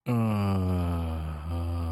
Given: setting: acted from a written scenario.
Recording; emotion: vocal sound without words; ecstasy